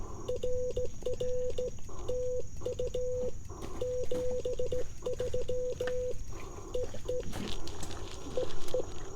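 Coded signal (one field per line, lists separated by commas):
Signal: Morse code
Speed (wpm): 18 wpm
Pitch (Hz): 500 Hz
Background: none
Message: RR TU 73 EE EE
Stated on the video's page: 15 wpm CW POTA park activation sent on a J-38 straight key with an Icom IC-705 into an end-fed half-wave antenna, on 40 metres.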